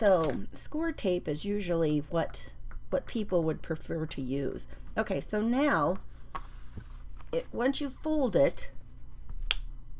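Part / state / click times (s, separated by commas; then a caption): closure flap fastening onto a handmade paper journal cover / seated / 9.5 s. A closure flap on a handmade paper folio or junk journal cover is folded over and pressed shut while someone talks. Softer taps come at about 6.4 s and 7.2 s, and then a sharp click at 9.5 s as the closure fastens and the journal is closed.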